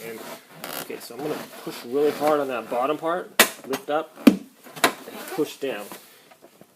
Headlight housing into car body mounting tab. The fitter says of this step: And that feels like it's locked in. It's not wiggly wobbly, okay?